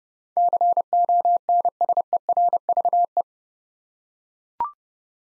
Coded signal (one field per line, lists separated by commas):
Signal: Morse code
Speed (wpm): 28 wpm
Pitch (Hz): 700 Hz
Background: none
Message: CONSERVE